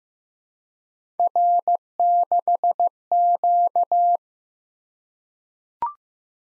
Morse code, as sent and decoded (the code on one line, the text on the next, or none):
.-. -.... --.-
R6Q